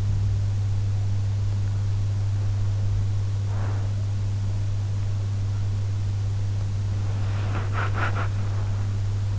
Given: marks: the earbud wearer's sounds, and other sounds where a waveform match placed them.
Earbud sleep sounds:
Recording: sounds in sleep by an in-ear microphone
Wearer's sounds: breath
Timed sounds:
3.50-3.93 s: breath
7.31-8.28 s: sound from someone else or the room

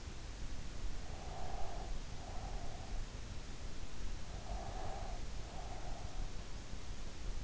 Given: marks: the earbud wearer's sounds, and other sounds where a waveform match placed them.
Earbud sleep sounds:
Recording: sounds in sleep by an in-ear microphone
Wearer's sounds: breath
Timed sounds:
1.18-2.99 s: breath
4.34-6.29 s: breath

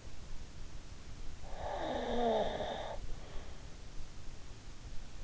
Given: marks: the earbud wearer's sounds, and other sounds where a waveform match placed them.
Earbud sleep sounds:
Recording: sounds in sleep by an in-ear microphone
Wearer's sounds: snoring breath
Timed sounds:
1.51-3.31 s: snoring breath

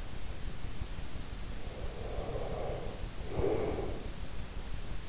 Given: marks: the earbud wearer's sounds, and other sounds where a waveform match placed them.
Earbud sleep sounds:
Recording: sounds in sleep by an in-ear microphone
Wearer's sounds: breath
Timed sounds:
1.57-4.06 s: breath

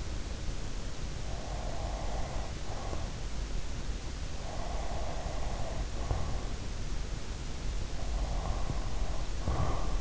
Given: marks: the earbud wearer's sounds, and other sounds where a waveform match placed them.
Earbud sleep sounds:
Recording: sounds in sleep by an in-ear microphone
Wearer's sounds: breath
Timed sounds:
1.18-2.93 s: breath
4.16-6.37 s: breath
8.17-10.01 s: breath

